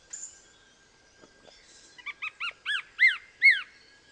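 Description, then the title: Greyish Mourner song: faint scattered sounds, then a slowing run of arched whistles that grow louder and longer, ending with two emphatic slurred notes. Subspecies Rhytipterna simplex simplex. "LuckyPassaro Completos2Sama. Greyish Mourner (Rhytipterna simplex simplex)"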